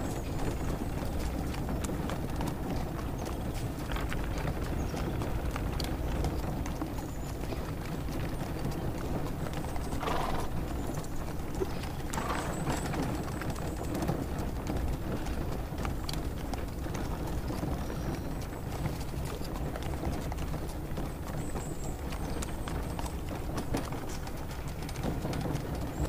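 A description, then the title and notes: A carriage rolls through a spring forest, horses trotting with a steady clip-clop over a constant low rumble. Wood creaks now and then, and faint bird chirps come through up high, most noticeably around ten, twelve and twenty-two seconds. Carriage ride through the spring forest.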